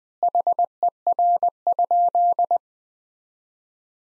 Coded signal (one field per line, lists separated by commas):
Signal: Morse code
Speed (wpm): 20 wpm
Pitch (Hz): 700 Hz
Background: none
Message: HER?